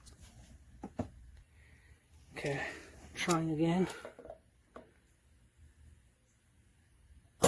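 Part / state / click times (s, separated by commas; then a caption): retaining clip onto lawn mower front wheel axle / not seated / none. A metal locking clip or cap is pushed by hand, on a second try, onto the front wheel axle of a riding mower fitted with a MARASTAR 21425 15x6.00-6 replacement front tire and wheel assembly. Short metallic handling knocks sound around 0.8–1.0 s and 4.2–4.8 s while someone talks, and a sharp transient comes right at the end. Nothing has seated or clicked yet.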